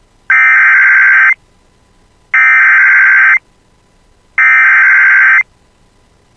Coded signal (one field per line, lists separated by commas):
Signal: Emergency Alert System (SAME) tones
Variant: header bursts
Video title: [EAS] Severe Thunderstorm Warning for Bemidji (70 mph wind gusts!!!) (8/825)